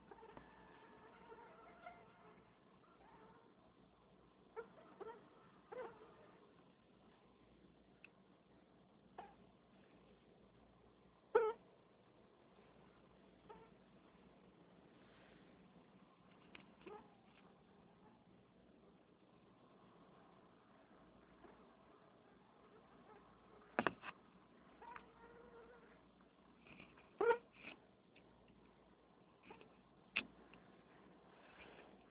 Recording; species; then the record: mosquito flight sound by mobile phone; Anopheles freeborni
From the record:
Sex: female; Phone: Nokia 6555B